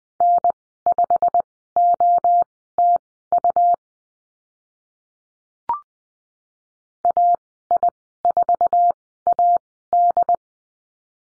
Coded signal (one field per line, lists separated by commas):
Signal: Morse code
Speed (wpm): 20 wpm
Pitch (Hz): 700 Hz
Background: none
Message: N5OTU AI4AD